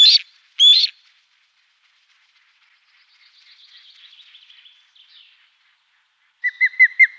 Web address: Schulze Peter Osprey